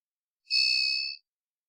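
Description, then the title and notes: Varied thrush whistling a single long, even, slightly buzzy tone lasting about three quarters of a second, nothing else audible. Odd song like warming-up practice, perhaps a juvenile or immature bird; Pacific Northwest, Washington, United States; parabolic single-species recording, processed for clarity. "BIRDSong Thrushes And Allies - Varied Thrush - Immature. Varied Thrush, Ixoreus naevius, song, odd, like warming-up practice, perhaps juvenile. Recorded in the beautiful Pacific Northwest, Washington, United States"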